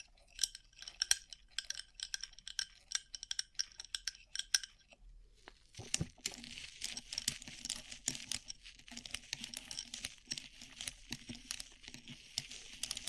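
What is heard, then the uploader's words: Light tapping on a rhinestone-covered surface, with quick, bright clicks and small glassy clinks in dense, uneven bursts. Near five seconds the sound drops to a brief near-silence, then resumes fuller and busier, adding a soft, crinkly rustle beneath the steady stream of taps. ASMR Rhinestone Covered Tapping 3Dio (No Talking).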